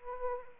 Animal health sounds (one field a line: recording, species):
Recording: mosquito wingbeat signal from an infrared sensor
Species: Anopheles arabiensis